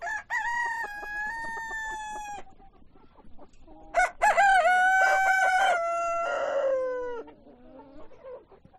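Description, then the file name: Chicken crowing: a long steady crow, a pause with low clucks, then overlapping crows lasting about three seconds. Chickens on a chicken farm. "west wolf Chicken farm"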